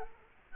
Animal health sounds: mosquito wingbeat signal from an infrared sensor; Culex quinquefasciatus

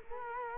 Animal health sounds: mosquito wingbeat signal from an infrared sensor; Culex quinquefasciatus

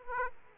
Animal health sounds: mosquito wingbeat signal from an infrared sensor; Aedes aegypti

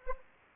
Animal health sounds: mosquito wingbeat signal from an infrared sensor; Anopheles arabiensis

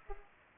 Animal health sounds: mosquito wingbeat signal from an infrared sensor; Culex pipiens

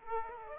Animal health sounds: mosquito wingbeat signal from an infrared sensor; Aedes aegypti

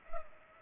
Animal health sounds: mosquito wingbeat signal from an infrared sensor; Culex pipiens

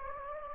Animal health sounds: mosquito wingbeat signal from an infrared sensor; Anopheles gambiae

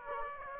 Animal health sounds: mosquito wingbeat signal from an infrared sensor; Aedes aegypti

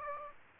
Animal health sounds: mosquito wingbeat signal from an infrared sensor; Aedes aegypti

